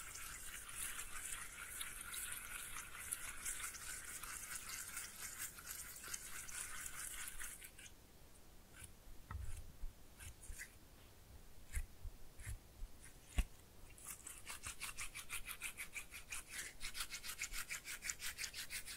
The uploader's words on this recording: ASMR Fun with Slime No Talking.